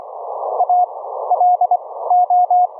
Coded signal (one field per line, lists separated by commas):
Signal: Morse code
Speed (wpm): 25 wpm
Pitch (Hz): 720 Hz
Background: none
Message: ALO